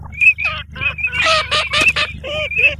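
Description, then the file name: Eurasian teal calling: crisp whistled notes mixed with harsher, nasal, buzzy calls. "ALZAVOLA"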